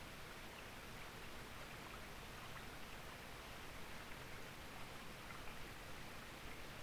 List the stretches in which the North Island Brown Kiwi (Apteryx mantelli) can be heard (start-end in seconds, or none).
none